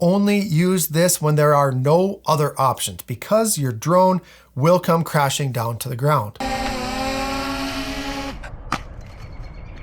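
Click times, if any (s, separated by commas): 8.7 s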